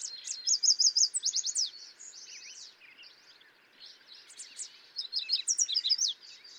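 Yellow warbler: high songbird phrases of fast repeated notes open loudly, fade into softer twittering, then return in a second burst; other birds chirp behind.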